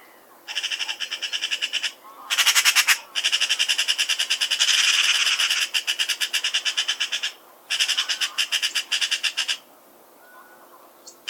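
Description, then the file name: Eurasian magpie chattering in long harsh rattles, fast repeated dry notes running several seconds with brief gaps. "Pica pica 160899"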